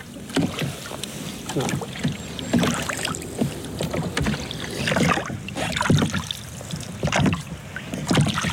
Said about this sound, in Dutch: Nou, de boot maar in. Ja.